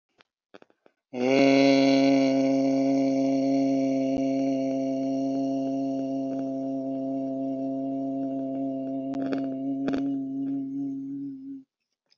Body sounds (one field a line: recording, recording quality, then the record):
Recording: sustained vowel as in made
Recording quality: excellent, no background noise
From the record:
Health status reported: healthy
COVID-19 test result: not tested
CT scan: not taken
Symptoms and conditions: hypertension, ischaemic heart disease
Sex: male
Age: 58 years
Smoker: no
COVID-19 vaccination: none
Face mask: not worn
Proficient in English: yes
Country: India